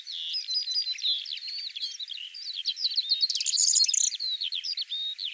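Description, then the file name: Corn bunting song, a rapid jangling run of high dry notes and short buzzy trills, densely packed and unbroken for several seconds. "Strillozzo"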